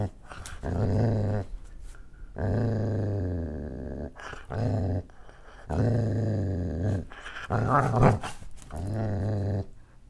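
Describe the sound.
Dog giving deep, rumbling growls in bursts of up to about two seconds, with short quiet gaps between them.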